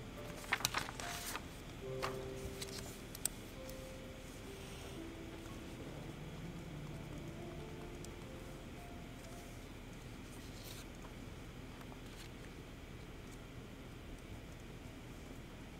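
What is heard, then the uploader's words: Ambience at the Yale library: a steady low rumble runs throughout. A few sharp knocks and clicks land in the first three seconds, and faint murmuring voices drift through the middle before the hum settles back to an even, unchanging drone. Study with me at hogwarts (aka the yale library!).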